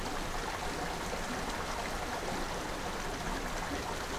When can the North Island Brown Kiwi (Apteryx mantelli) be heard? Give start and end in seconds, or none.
none